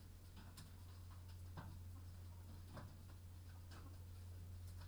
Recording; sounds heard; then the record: poultry house recording; sick chickens (respiratory disease)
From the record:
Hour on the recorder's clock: 21